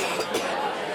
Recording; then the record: coughing mixed with background sound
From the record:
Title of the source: 61 morning phlegmy cough...again